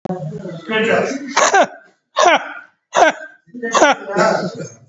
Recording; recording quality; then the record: heavy voluntary cough; moderate, slight background noise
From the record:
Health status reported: recovered from COVID-19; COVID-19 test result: positive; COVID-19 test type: RT-PCR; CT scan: not taken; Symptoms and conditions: breathing difficulty, asthma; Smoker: yes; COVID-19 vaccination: both doses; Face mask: not worn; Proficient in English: yes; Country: India